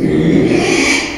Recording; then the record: squeal of a Yucatan mini pig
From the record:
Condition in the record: after surgery on the right vocal fold (resection and tissue-engineered implant); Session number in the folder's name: 2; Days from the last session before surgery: 13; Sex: male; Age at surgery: 12 weeks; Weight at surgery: 13 kg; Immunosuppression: cyclosporine, prednisolone